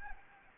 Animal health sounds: mosquito wingbeat signal from an infrared sensor; Anopheles arabiensis

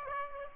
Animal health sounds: mosquito wingbeat signal from an infrared sensor; Aedes aegypti

